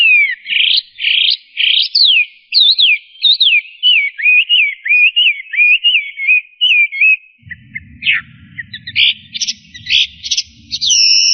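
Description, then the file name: Chinese hwamei song, a long varied stream of loud whistled phrases with slurred up-and-down notes, turning to fast harsh repeated notes near the end over a faint low rumble. "audio-kicauan-burung-hwamei -omkicau"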